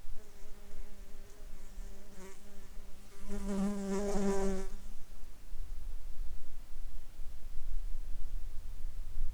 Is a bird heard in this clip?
no